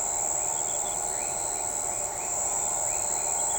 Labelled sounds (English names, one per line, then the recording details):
none
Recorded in shrubland near Pivijay, Magdalena, Colombia, on 16 April 2023 at 03:30
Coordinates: 10.453, -74.365
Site P5-G022